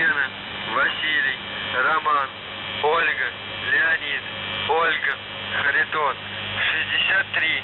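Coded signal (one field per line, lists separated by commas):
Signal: numbers station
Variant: UVB-76 voice message, Russian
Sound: a male voice speaking words over a narrow radio channel with steady low hum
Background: radio static, hum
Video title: The Buzzer | 20th August 2023 | Voice Message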